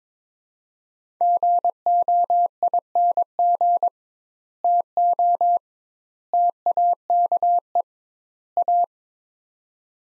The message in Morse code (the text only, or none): GOING TO TAKE A